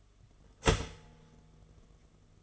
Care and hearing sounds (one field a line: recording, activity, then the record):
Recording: daily activity, microphone in the room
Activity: start toaster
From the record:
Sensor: 4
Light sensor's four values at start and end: 4/9/3/3 and 4/8/3/2